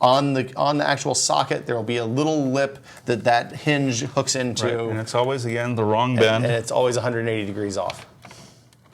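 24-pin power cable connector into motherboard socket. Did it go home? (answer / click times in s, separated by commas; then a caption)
no / none. Someone talks while handling a plastic 24-pin power cable connector at a motherboard socket, whose hinged latch is meant to hook over a lip on the socket. Near the end the talk stops and a few faint, short ticks of handling are heard. The connector has not seated or clicked yet.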